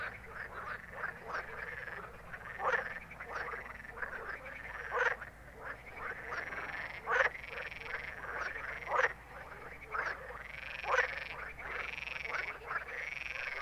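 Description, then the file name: Chorus of frogs with overlapping, rattling croaks, some loud ones standing out every couple of seconds against a busy background. Recorded at night in Ruaudin in 2013. "Grenouilles Ruaudin nuit 2013"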